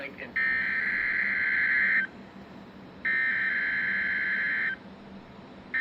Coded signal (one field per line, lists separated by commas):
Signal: Emergency Alert System (SAME) tones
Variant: header bursts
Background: speech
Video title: Midland WR300 bad decoder #EAS #Weather #weatherradio